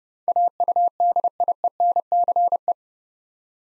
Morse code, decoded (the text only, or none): AUDIENCE